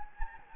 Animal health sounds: mosquito wingbeat signal from an infrared sensor; Anopheles gambiae

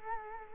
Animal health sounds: mosquito wingbeat signal from an infrared sensor; Culex quinquefasciatus

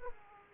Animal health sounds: mosquito wingbeat signal from an infrared sensor; Aedes aegypti

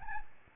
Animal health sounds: mosquito wingbeat signal from an infrared sensor; Aedes albopictus

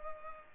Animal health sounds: mosquito wingbeat signal from an infrared sensor; Culex pipiens

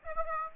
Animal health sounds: mosquito wingbeat signal from an infrared sensor; Aedes aegypti

